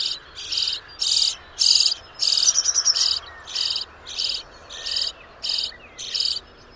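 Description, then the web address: Common starling calling with repeated grating, buzzy bursts roughly every half second, broken once by a quick stuttering series of thin notes; faint background hiss throughout. "Deverinetal 2025. Bird Only"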